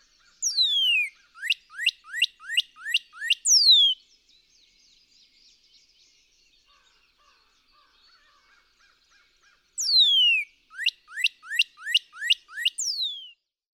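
Northern cardinal song: a bright downslurred whistle followed by a rapid series of rising whistled notes, pausing several seconds before the phrase repeats.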